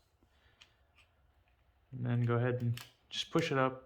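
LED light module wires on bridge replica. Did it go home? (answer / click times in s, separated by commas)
no / none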